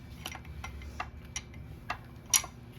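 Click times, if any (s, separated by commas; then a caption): 2.4 s. A caster wheel stem is pushed into the socket of the plastic base of an IKEA MILLBERGET office chair, with light ticks and taps at about 0.3, 0.6, 1.0, 1.4 and 1.9 s as it goes in. A faint, sharp click at 2.4 s marks the caster seating in the base.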